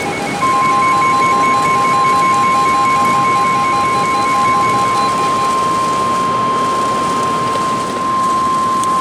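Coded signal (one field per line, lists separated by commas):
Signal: Emergency Alert System (SAME) tones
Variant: 1050 Hz attention tone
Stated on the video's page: Real alerts received during a major winter storm.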